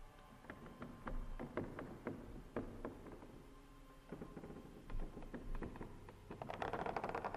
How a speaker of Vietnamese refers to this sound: Đúng lúc tiếng cào sột soạt lại vang lên ở sau nhà, nơi có cái giếng.